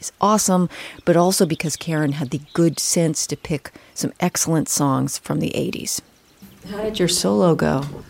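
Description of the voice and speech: A single adult woman speaks fluently in a clear, well-voiced narrating tone, with natural pitch movement and normal pacing, ending in a casual question. Articulation is crisp with no slurring, blocks or repetitions; this is ordinary speech without any disorder.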